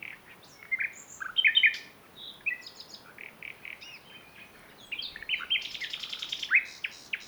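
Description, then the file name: Common nightingale song with varied, scattered phrases of chirps and short whistles, building into a dense, fast run of notes near the end. "Luscinia megarhynchos"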